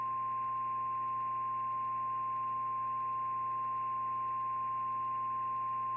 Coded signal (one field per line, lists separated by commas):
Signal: Emergency Alert System (SAME) tones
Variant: 1050 Hz attention tone